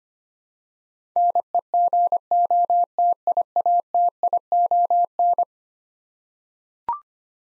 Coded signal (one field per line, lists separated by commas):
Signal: Morse code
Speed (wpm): 25 wpm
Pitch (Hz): 700 Hz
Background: none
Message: NEGOTIATION